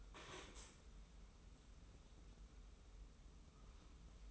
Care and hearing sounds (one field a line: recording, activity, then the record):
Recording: daily activity, microphone in the room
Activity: stand up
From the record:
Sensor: 1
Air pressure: 994.4 hPa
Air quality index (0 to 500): 221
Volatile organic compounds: 1000 ppm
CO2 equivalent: 7924 ppm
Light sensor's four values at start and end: 125/283/127/138 and 123/276/124/135